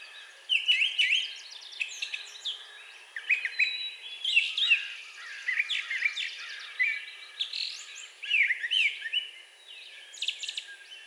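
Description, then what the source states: Brown thrasher singing bright, varied phrases one after another. Recorded on 4 June 2020.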